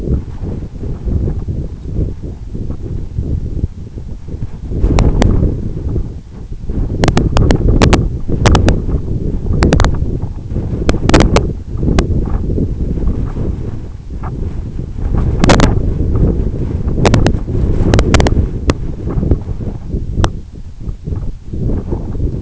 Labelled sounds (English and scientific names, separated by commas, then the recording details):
none
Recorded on Arctic tundra, site EABA-1, on 26 June 2018
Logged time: 04:00